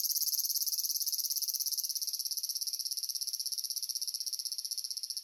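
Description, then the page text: Large brown cicada song, a rapid throbbing sizzle pulsing several times a second, softening slightly toward the end. Nikko, Japan, 18 August 2004. "Graptopsaltria nigrofuscata [Sounds -Nikko Today-]"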